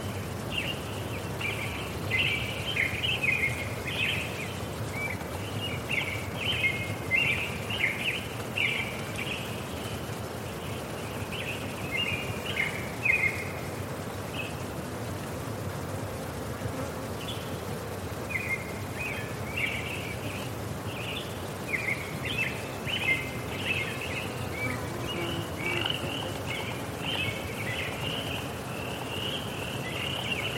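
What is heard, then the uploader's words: Evening at forest ponds, alive with a dense, unbroken chorus of high chirping calls that overlap and pulse throughout. Beneath them sits a steady low rumble of outdoor noise, and the overall level stays even from start to finish. Summer Evening Forest Ponds. Nestled in the Pike National Forest tucked away in the Rocky Mountains, a series of ponds are full of the evening bustle.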